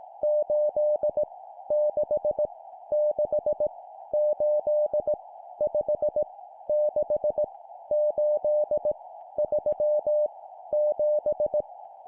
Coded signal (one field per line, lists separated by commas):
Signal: Morse code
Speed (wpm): 18 wpm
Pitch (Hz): 600 Hz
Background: none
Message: 8 6 6 8 5 6 8 3 7